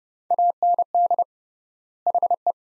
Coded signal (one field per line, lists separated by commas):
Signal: Morse code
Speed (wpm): 30 wpm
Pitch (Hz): 700 Hz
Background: none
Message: AND HE